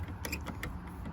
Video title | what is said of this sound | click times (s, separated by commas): How to remove 2003-2010 Porsche Cayenne door handles and disassemble them. | That pop is what you want to hear. | 0.6 s